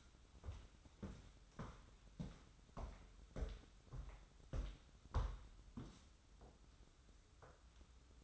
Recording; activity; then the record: daily activity, microphone in the room; walk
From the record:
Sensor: 3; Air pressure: 994.3 hPa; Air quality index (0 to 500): 199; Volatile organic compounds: 1000 ppm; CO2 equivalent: 6608 ppm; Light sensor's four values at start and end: 119/278/114/107 and 114/267/110/102